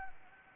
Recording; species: mosquito wingbeat signal from an infrared sensor; Anopheles arabiensis